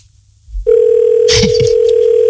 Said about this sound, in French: J'espère qu'on va pas se taper 800 sonneries, quoi.